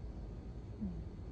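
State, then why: Not seated. The folding lock lever on the frame hinge of an ENVO Lynx 20-inch folding e-bike is repositioned to face toward the bike so it can be tightened before closing it for another try. Low rumbling handling noise is heard with a slightly louder soft thump around 0.8 s. Nothing has clicked or seated yet.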